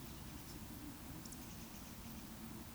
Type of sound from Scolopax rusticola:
whistle